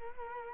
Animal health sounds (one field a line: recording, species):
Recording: mosquito wingbeat signal from an infrared sensor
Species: Culex quinquefasciatus